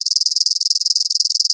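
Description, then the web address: Insect rattling chirp, a rapid, even pulse train of high, buzzy ticks running continuously for over a second with no other sounds. "Blast Wave Update 2 Insect Rattle Chirp"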